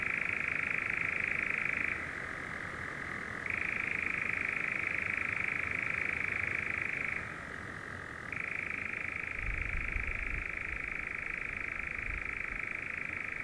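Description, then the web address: European nightjar's sustained rattling churr, repeatedly alternating between a higher and a lower pitch level, with a faint low rumble late. Recorded 5 June 2016. "fagelljud 20160605-nattskarra"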